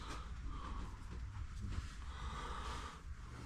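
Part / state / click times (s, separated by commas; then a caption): fuel line quick connector onto fuel pump/fuel system fitting / not seated / none. Someone spreads grease from a finger around the O-ring and fitting so the fuel line quick connector slides on better onto the fuel pump fitting of a 2019 Husqvarna FE350 that won't stay running, before pushing it home. Only steady low rumbling and soft handling noise are heard. Nothing has seated or clicked yet.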